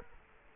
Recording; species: mosquito wingbeat signal from an infrared sensor; Culex quinquefasciatus